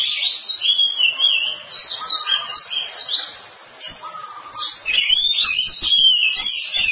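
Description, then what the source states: Oriental magpie-robin song with fluid whistled phrases and twitters, a short lull midway, then busier singing. Long-duration song.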